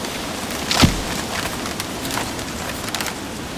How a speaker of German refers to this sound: Jetzt geht in Deckung. Ein schwerer Sturm kommt auf. Bei Windstärke 10 können schon ganze Bäume abgeknickt werden.